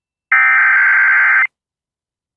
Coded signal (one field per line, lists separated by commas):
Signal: Emergency Alert System (SAME) tones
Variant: header bursts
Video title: A LONG OVERDUE COMPILATION: EAS Alerts From 5/13/24 EAS #708-723